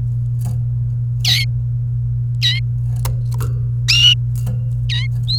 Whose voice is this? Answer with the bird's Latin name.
Serinus canaria